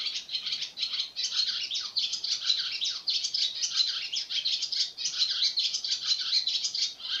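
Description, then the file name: Swallow twittering: a dense, unbroken stream of high chattering and squeaky notes running through the whole stretch, with no pauses and no other clear sounds. Recorded on 26 April 2017. "hirondelle 26-04-17"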